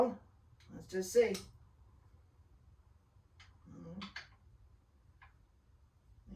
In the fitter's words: There goes that one. That one's in.